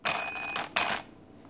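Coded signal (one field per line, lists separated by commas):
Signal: beep code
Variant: Arrma ESC programming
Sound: one long buzzy beep, then one shorter beep, with hissy noise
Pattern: 1 long, 1 short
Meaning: Punch level 6 (5 + 1)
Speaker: Now I want six. It's going to be 5 + 1.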